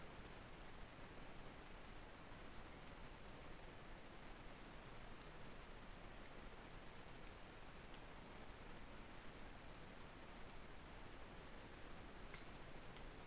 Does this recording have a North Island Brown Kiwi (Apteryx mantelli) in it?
no